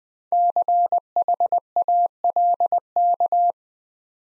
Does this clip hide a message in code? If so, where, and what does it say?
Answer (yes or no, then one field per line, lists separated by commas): yes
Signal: Morse code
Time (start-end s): 0.3-3.5 s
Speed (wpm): 20 wpm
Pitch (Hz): 700 Hz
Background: none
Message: CHALK